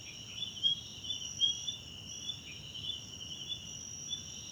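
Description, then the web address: Crickets in a steady high-pitched chorus, pulsed chirps overlapping irregularly above a constant shrill hum. South African crickets, background night ambience, recorded in a wetland park at Kosi Forest Lodge, South Africa. "Tonschliff - SOUTH AFRICAN CRICKETS BG South Africa Wetland Park Kosi Forest Lodge Night"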